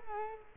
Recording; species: mosquito wingbeat signal from an infrared sensor; Culex quinquefasciatus